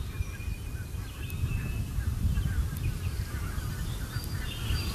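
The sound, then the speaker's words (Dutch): Geese honk in the distance while a song thrush sings in short, varied phrases from the forest edge and reeds. The sounds are picked up by an outdoor microphone, all faint over a steady low outdoor rumble. No one speaks. “Mooie ganzen in de verte, zanglijster.”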